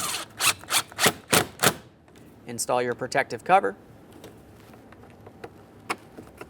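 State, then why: Not seated. A plastic protective screw cover is being handled at the door panel by the inside door handle of a 2013-2020 Ford Fusion, during front power window motor and regulator replacement. Someone talks over a series of sharp taps and small knocks, and the cover has not seated or clicked yet.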